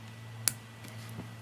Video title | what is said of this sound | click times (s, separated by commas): Axial Yeti XL Kit Build: 2- Front Bulkhead & Shock Tower Assembly | make sure it's seated snaps over you'll hear it sort of click into place when it's actually seated | 0.5 s